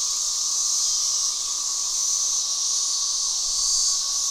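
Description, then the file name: Periodical cicada chorus: a continuous, steady, hissing drone without any break. "Magicicada"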